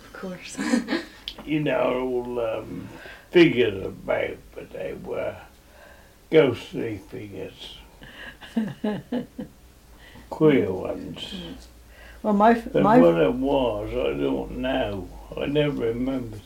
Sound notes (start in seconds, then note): 0.5 laughs; 8.0 laughs